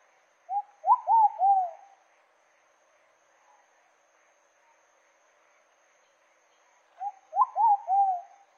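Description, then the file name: Pigeon cooing song: a soft short lead note, then three quick, louder hooting coos, given twice with a long quiet gap between. Song of the pigeon known in Portuguese as pomba-botafogo. "canto da pomba botafogo"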